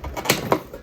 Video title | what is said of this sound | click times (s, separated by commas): Replace Washer Fluid Hose to FIX Washer Fluid Not Spraying - Shown on 2007 Silverado 1500 Classic | two clicks there just to hold it in place make sure it's still tight there | 0.3 s, 0.5 s